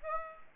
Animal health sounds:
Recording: mosquito wingbeat signal from an infrared sensor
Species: Aedes aegypti

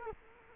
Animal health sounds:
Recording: mosquito wingbeat signal from an infrared sensor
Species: Culex quinquefasciatus

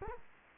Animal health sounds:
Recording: mosquito wingbeat signal from an infrared sensor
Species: Culex quinquefasciatus

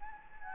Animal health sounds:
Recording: mosquito wingbeat signal from an infrared sensor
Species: Anopheles gambiae

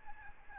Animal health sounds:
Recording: mosquito wingbeat signal from an infrared sensor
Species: Aedes albopictus

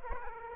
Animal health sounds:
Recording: mosquito wingbeat signal from an infrared sensor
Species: Aedes aegypti

